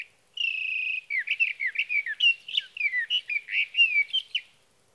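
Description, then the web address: Sage thrasher song starting with a steady, held note, then a hurried, continuous string of warbled phrases that twist up and down. "birdsongforthecurious Sage Thrasher"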